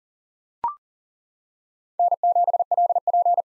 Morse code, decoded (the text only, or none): N7LP